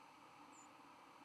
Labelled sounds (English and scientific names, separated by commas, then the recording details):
White-throated Sparrow (Zonotrichia albicollis) flight call
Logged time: 01:49 on 12 November 2014